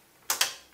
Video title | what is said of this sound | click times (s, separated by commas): 2016 Xeon D-1521 NAS Homelab with GPU Passthrough | same with the second stick. Push it in and down until it clicks. | 0.3 s, 0.4 s